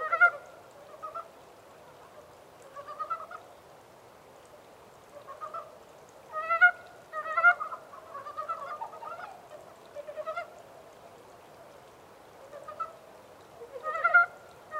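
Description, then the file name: Montane brown frog croaks: clucking notes given in clusters every couple of seconds, some single, some in quick runs. 14 April 2010. "yamaakagaeru-20100414"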